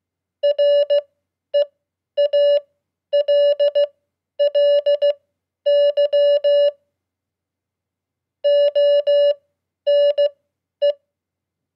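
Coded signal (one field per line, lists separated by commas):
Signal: Morse code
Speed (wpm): 16 wpm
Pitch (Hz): 580 Hz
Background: none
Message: REALLY ONE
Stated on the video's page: Morse code practice at 15 wpm: 100 common QSO words, Q-codes and abbreviations for beginners.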